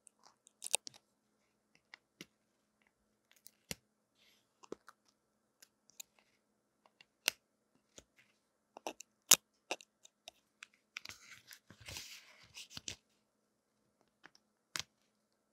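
Earphone mic tingles made of sharp, scattered taps and crisp clicks over near silence, coming irregularly about once or twice a second. Around eleven to thirteen seconds a denser burst of rustling, crunchy scratching fills in before the sparse clicks return.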